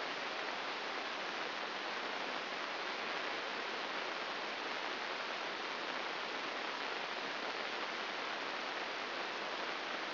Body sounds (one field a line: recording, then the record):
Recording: brain microelectrode recording played as sound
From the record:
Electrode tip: inside the subthalamic nucleus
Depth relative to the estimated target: 1 mm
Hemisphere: left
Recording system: AlphaMap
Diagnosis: Parkinson's disease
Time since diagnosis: 9 years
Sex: male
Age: 68 years